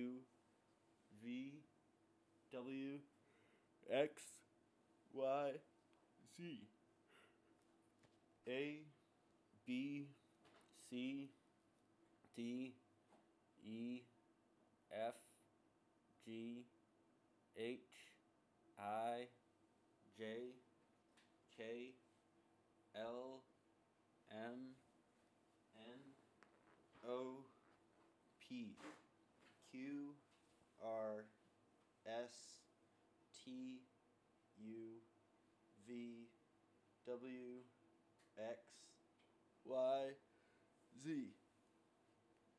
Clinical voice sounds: letters of the alphabet, spoken; free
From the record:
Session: seven days later

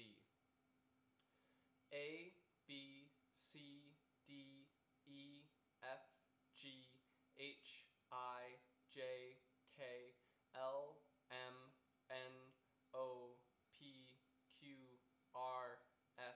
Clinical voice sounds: letters of the alphabet, spoken; free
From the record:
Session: first day, before the bite bar

